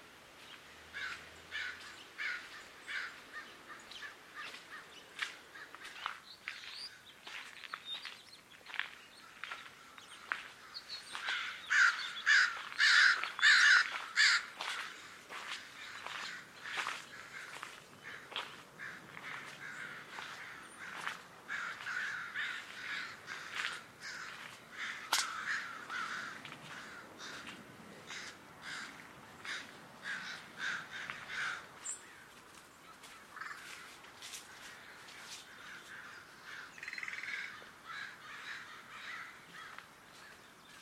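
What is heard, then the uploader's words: A winter outing along the footpaths at Dharma Rain Zen Center, where crow-like caws and bird calls sound throughout over a quiet background. Sharp ticks and calls come thick and irregular, building to a busier, louder stretch around 11 to 15 seconds before thinning again. Recorded January 22, 2022 at Dharma Rain Zen Center along the various footpaths open to the public.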